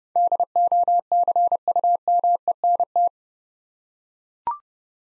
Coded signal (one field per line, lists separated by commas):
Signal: Morse code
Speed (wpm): 31 wpm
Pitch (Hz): 700 Hz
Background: none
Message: DOCUMENT